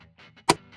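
The L-shaped plastic trim cover on a 2025–2026 Toyota Camry is slid into the glove box area panel tab side first, and the rest is pushed in. A sharp click at 0.5 s, standing out from low background noise, marks the cover seating fully in place.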